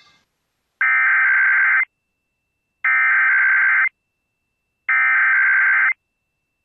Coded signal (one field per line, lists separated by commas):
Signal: Emergency Alert System (SAME) tones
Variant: header bursts